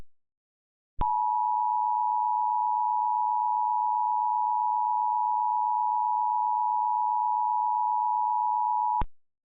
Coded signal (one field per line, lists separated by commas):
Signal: Emergency Alert System (SAME) tones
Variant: 853 and 960 Hz attention tone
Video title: EAS Mock - South Dakota gets SLAMMED